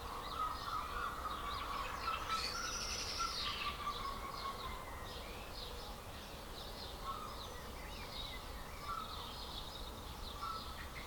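A dawn chorus of many birds chirping and trilling over a steady low rumble, with a brighter burst of calls around two to four seconds.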